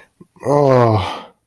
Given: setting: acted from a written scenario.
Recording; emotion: vocal sound without words; shame